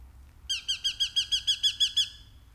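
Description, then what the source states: Eurasian hobby giving a quick, even run of shrill, high 'kee' notes over about one and a half seconds. Cheerful 'kiikitys' call, a sign of summer after nearly nine months' absence, carrying from pine forest near an old crow's nest.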